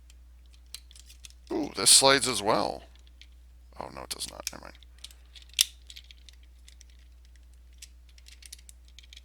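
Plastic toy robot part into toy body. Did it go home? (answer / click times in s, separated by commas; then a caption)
yes / 5.6 s. A plastic part of a transforming robot toy is fitted into the toy body while someone talks, with small plastic clicks and handling taps around it. The part snaps into place with a sharp click at 5.6 seconds, and it stays seated.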